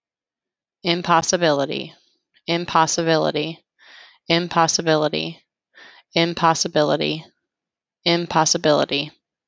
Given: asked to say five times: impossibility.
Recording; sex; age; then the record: repeated word; female; 30 to 39 years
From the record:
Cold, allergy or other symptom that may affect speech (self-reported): no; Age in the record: 32 years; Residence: Virginia, United States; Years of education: 16